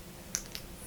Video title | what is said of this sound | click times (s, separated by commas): Creating the Velvet Ribbon Appliqué on my Historybounding Skirt | the velvet ribbon appliqué. It's magnetic! *little click* | 0.3 s